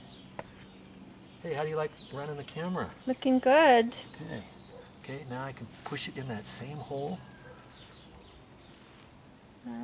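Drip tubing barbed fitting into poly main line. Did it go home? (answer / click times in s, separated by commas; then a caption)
no / none. A barbed drip irrigation fitting with its drip tubing is being handled in preparation for pushing it into the existing hole in a plastic poly main line. Someone talks throughout, with a sharp sound near 0.4 s and small ticks around 9.0 and 9.4 s. Nothing has seated or clicked yet; the fitting is not yet home.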